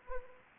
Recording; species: mosquito wingbeat signal from an infrared sensor; Anopheles arabiensis